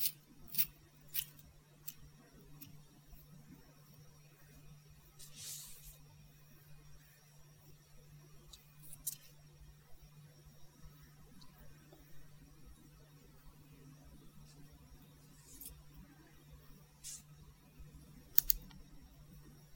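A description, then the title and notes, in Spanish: Scissors snip during a haircut, with short, sharp clicks scattered through the recording, several early on, then more spaced out, and a louder snip near eighteen seconds. A few brief hissing bursts come around five and nine seconds, and a steady low hum runs underneath throughout. Corte de cabello. Muchos sonido de tijeras.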